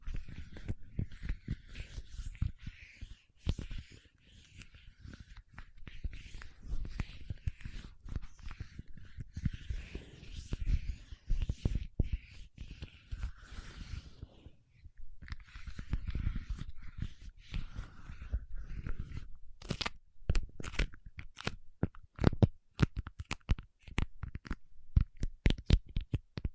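Paraffin wax is peeled and scratched in a dense run of small crackles and scrapes for the first twenty seconds, with a brief lull around fifteen seconds. After that the sound thins into separate sharp taps, spaced irregularly, until the end.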